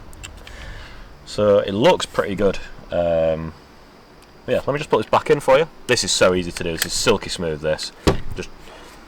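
A magazine is being handled and slid into the magazine well of a Tokyo Marui NGRS MP5A5 airsoft rifle while someone talks over it. A few short, sharp handling ticks come near the start. The clip ends before the magazine goes home, so nothing has seated or clicked into place yet.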